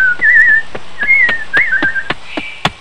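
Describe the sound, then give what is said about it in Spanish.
A person whistles like a small bird, as the Yacyateré running through the jungle: short, warbling high phrases that trill and slide, repeated several times, with sharp clicks punctuating them and no talking. “Corre por la selva imitando el sonido de un pajarito.”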